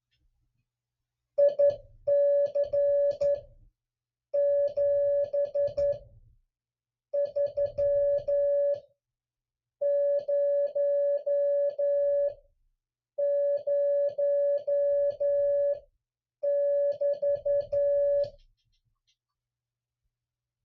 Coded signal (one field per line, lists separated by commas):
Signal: Morse code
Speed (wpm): 12 wpm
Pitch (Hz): 570 Hz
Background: music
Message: IC7300 <BT>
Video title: MORSE CODE COPY PRACTICE #8